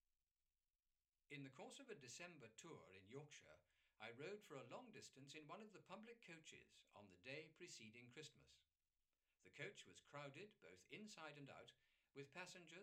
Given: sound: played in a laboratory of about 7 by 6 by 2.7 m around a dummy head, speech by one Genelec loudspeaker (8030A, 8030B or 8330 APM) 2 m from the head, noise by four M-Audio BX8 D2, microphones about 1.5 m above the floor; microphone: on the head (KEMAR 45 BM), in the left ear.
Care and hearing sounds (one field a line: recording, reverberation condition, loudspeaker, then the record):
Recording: male speech in English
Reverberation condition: low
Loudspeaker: 60 degrees to the left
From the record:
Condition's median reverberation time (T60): about 310 ms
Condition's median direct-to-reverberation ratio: about 3.5 dB